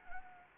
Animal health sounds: mosquito wingbeat signal from an infrared sensor; Anopheles gambiae

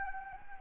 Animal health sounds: mosquito wingbeat signal from an infrared sensor; Anopheles gambiae

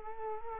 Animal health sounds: mosquito wingbeat signal from an infrared sensor; Culex quinquefasciatus

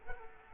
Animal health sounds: mosquito wingbeat signal from an infrared sensor; Culex quinquefasciatus

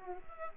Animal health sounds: mosquito wingbeat signal from an infrared sensor; Aedes aegypti

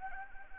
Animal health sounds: mosquito wingbeat signal from an infrared sensor; Anopheles arabiensis

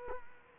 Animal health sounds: mosquito wingbeat signal from an infrared sensor; Culex quinquefasciatus

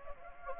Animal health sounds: mosquito wingbeat signal from an infrared sensor; Anopheles gambiae

